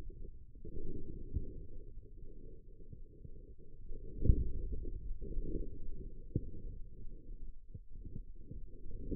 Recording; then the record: forearm muscle sounds (acoustic myography)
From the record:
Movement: inward rotation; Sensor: system 2, bracelet of six BSWA MPA416 microphones around the upper forearm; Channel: 4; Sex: male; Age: 22 years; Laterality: right